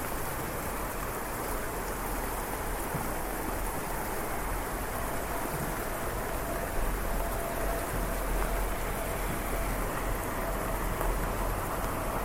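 Steady rain hisses evenly along a street, a dense unbroken wash with a low rumble underneath and a faint tone near seven seconds.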